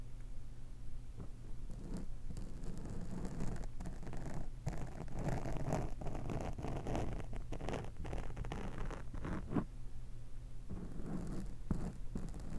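A fork pokes and scratches in a dense, continuous run of rough rustling over a steady low rumble. Sharp scratchy strokes come often and irregularly, thickest from about 2 to 10 seconds, easing briefly near 10 seconds before picking up again.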